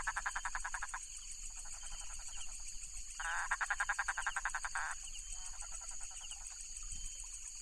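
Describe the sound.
Philippine toad calling in rapid pulsed trills, several bursts in a row with one louder train in the middle, over a steady high-pitched insect whine.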